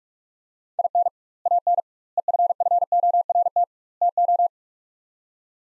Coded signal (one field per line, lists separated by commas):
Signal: Morse code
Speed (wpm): 47 wpm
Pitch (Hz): 700 Hz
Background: none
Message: IN AN EFFORT TO